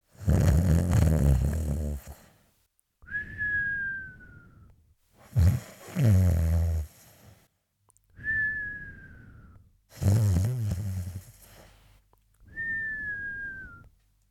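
An adult snoring: three loud, harsh, low-pitched rattling snores, each followed by a high-pitched whistling breath that falls slightly in pitch. The cycle repeats about every five seconds, roughly 12 breaths per minute.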